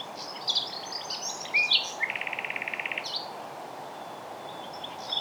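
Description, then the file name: Common nightingale song: a few whistled and chirped notes, then an even rattling trill of about a dozen pulses, with a quieter background hiss. "Luscinia megarhynchos"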